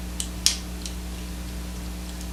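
A matching plastic armor piece is pressed onto the peg on the other shoulder of a toy robot, and it snaps into place with a sharp click at 0.5 s. Fainter ticks come at about 0.2 s and 0.9 s over a steady low hum. The second shoulder piece seats in a good snug fit.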